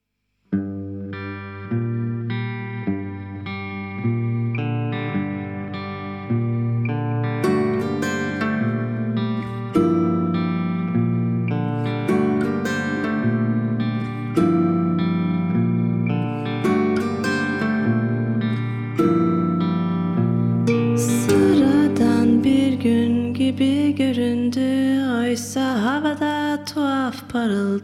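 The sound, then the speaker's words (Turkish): A song plays with sustained, effects-laden guitar-like tones carrying a steady melody, building to a denser, brighter passage with bending pitches near the end; no one speaks. “Bir müzik arası verelim.”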